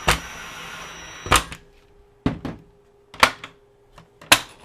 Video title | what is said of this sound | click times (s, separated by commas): Sony RDR VX530 DVD/VCR Combo with a broken gear Part 2 the FINAL repair! | panel snapped into place | 3.2 s, 4.3 s